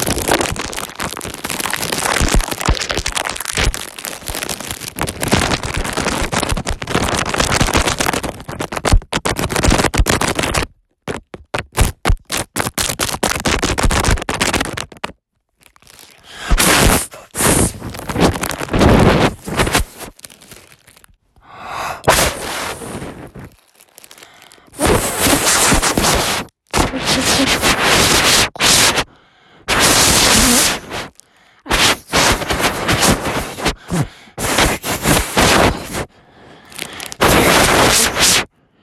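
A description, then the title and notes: Eating of crunchy stick snacks, with dense, rapid crackling crunches filling the first ten seconds. After that the chewing breaks into separate bursts of a second or two, divided by short silences, each one bright and crisp. Pocky ASMR. Eating pocky.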